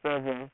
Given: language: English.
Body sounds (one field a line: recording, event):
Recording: throat vibration sensor signal played as sound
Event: speech